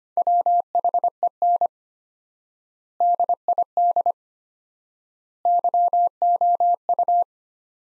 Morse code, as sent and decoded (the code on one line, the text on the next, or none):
.-- .... . -. / -.. .. -.. / -.-- --- ..-
WHEN DID YOU